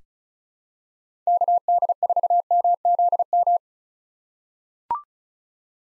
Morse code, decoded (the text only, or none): KD4MZM